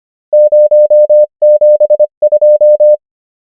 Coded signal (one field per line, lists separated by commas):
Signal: Morse code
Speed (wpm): 25 wpm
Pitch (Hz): 600 Hz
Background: none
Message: 0 7 2